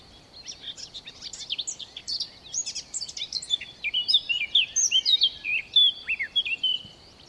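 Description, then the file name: Eurasian blackcap song: quiet scratchy twittering that builds into a louder, fast, varied warble of clear whistled and squeaky notes. "Sylvia atricapilla"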